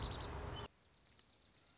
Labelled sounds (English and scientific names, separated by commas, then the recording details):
Dark-eyed Junco (Junco hyemalis)
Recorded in Sonoma County, California